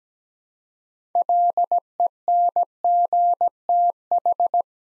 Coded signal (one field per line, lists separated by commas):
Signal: Morse code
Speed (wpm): 17 wpm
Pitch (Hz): 700 Hz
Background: none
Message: LENGTH